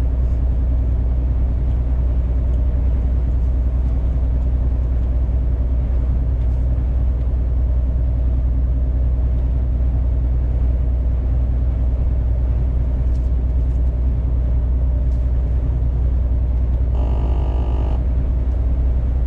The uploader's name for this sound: truck driver sound